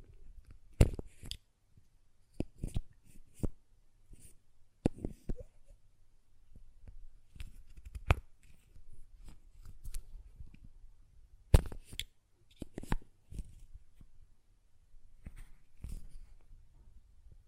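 Sharp clicks and taps from a glass perfume bottle and its lid come in irregular clusters, bright and brief, with quiet gaps between. The loudest strikes land near 1, 5, 8, 11.5 and 16 seconds, with softer handling and scraping sounds in between.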